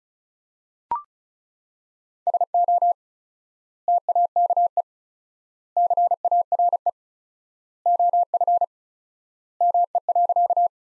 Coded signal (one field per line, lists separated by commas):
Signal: Morse code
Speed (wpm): 34 wpm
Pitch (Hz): 700 Hz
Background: none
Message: SO TAKE CARE OF ME.